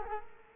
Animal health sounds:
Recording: mosquito wingbeat signal from an infrared sensor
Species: Culex quinquefasciatus

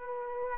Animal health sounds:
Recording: mosquito wingbeat signal from an infrared sensor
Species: Aedes aegypti

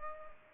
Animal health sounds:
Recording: mosquito wingbeat signal from an infrared sensor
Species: Culex pipiens

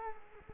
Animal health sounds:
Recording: mosquito wingbeat signal from an infrared sensor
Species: Culex quinquefasciatus

